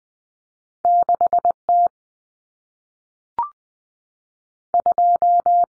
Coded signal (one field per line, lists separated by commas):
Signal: Morse code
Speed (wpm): 20 wpm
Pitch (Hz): 700 Hz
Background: none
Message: 6T 2